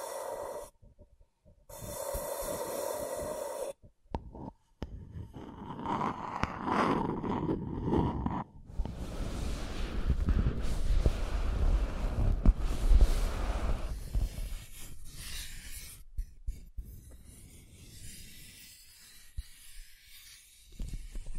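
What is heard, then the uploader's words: Scratching and tracing on a surface, rough strokes that rasp and rub in uneven bursts with short silent gaps early on. Some passages are bright and hissing, others duller and lower, with occasional sharp clicks near the middle and a scrappier, quieter finish. ASMR Brain Tingling Scratching & Tracing (No Talking).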